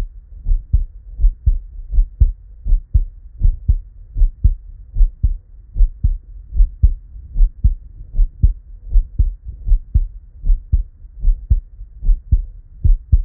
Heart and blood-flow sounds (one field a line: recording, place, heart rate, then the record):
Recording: heart sounds by stethoscope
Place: Erb's point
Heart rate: 77 bpm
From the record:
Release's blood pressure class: normal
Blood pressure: 113/64 mmHg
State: at rest